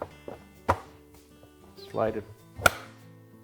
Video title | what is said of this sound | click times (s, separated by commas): WASHER REPAIR: How to Install a Timer - FIX.com | until you hear the locking tab drop into position so now that we've locked the timer into place | 2.7 s